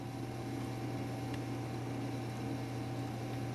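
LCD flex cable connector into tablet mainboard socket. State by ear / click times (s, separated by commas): not seated / none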